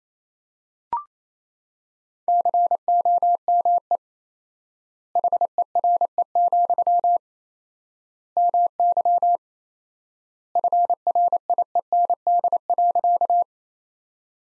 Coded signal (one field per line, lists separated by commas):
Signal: Morse code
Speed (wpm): 28 wpm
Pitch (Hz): 700 Hz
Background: none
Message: COME HERE, MY FRIEND.